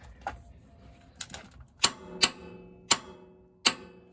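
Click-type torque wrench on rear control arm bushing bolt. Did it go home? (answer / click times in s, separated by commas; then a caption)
yes / 2.9 s. A click-type torque wrench with a crow foot extension tightens the rear bolt of a front upper control arm bushing on a 2012 Range Rover Sport SDV6. Several sharp metallic ticks sound across the clip, and the wrench clicks at the set torque at 2.9 s.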